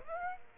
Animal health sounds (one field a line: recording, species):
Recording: mosquito wingbeat signal from an infrared sensor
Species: Aedes aegypti